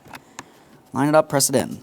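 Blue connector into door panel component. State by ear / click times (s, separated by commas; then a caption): not seated / none. A blue plastic connector on a 2015-2019 Subaru Outback, during front power window regulator replacement, is handled and lined up to be pressed into a door panel component, with two brief, faint handling taps near 0.2 s and 0.4 s. Someone then talks. Nothing has seated or clicked yet; the connector is not yet home.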